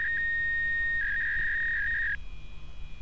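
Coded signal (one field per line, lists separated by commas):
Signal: fax machine handshake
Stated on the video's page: Fax from the PC game Die drei ??? Bomben in Rocky Beach.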